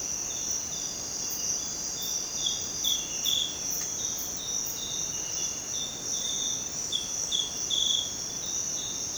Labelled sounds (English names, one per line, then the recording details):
none
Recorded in dense forest near Puerto Asís, Putumayo, Colombia, on 22 June 2025 at 06:00
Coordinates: 0.484, -76.317
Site G045